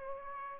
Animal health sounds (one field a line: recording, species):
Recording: mosquito wingbeat signal from an infrared sensor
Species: Aedes aegypti